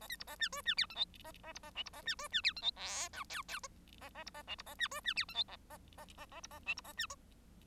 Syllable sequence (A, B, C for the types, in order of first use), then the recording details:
A B C A D E D F G H A A C A I C A D E D F G H J K L L A A C A I C A D E D F G H A A A A A C A H C A D. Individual Bird1